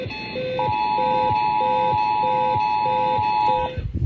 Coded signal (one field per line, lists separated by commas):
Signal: Emergency Alert System (SAME) tones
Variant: 853 and 960 Hz attention tone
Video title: MODERATE RISK TERROR! EAS Alerts from 11-4-2022 to 11-5-2022. (EAS #730 - #781)